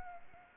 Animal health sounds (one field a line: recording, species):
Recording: mosquito wingbeat signal from an infrared sensor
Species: Anopheles arabiensis